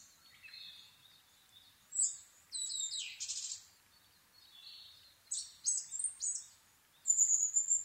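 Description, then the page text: Asian brown flycatcher singing varied, high-pitched twittering phrases with buzzy, fast-changing notes, delivered in short bursts with brief gaps between them. Nikko, Japan, 26 April 2011 at 4:39, altitude 730 m; Sony PCM-D50 recorder with Panasonic WM-61A microphone. "kosamebitaki 20110426-0439. Muscicapa dauurica [Sounds -Nikko Today-]. 4/ 26 2011, 4:39. alt=730m"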